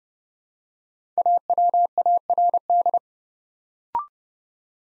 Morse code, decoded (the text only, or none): AWARD